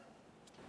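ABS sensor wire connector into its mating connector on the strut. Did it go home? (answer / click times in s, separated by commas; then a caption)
yes / 0.5 s. An ABS sensor wire connector on a 2004-2006 Scion xB is squeezed back into its mating connector on the new front strut and spring assembly. Over a steady low background hum, a single faint, short click sounds at 0.5 s as the connector seats securely.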